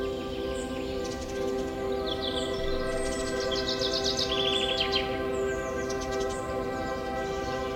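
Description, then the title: Birds chirping: bright rapid trills and short whistled phrases peak around the middle, with softer chirps at the edges and a steady low hum. Forest birdsong ambience with birds chirping. "Forest Birdsong Nature Sounds Bird Sounds Birds Chirping Ambience"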